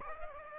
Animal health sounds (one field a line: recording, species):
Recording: mosquito wingbeat signal from an infrared sensor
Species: Aedes aegypti